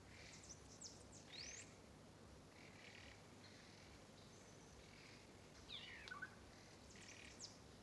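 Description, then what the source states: Songbird giving thin whistled notes and quick rising and falling sweeps, scattered over several seconds, above a steady hiss of background noise. Rainforest.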